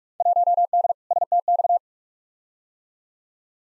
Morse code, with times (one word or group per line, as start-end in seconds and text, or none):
0.2-0.9 1D
1.1-1.8 STX